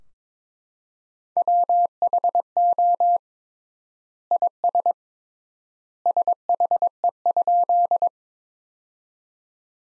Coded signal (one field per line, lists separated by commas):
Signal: Morse code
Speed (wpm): 22 wpm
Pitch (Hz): 700 Hz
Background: none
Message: WHO IS SHE?